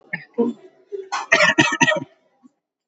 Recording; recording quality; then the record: shallow voluntary cough; excellent, no background noise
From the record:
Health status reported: exposed to COVID-19, no respiratory illness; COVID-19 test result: negative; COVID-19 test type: RT-PCR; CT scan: not taken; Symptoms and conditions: cough, cold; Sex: male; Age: 28 years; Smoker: no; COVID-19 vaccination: both doses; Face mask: worn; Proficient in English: yes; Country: India